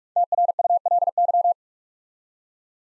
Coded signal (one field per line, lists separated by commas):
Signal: Morse code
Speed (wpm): 44 wpm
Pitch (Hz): 700 Hz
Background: none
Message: TRULY